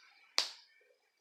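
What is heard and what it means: A second plastic locking washer is pressed onto the other safety eye's shank through the crocheted fabric of an amigurumi. It snaps on with a sharp, bright click at 0.4 s that rings briefly before fading. The washer is seated, locking the second eye in place and leaving the eyes secure.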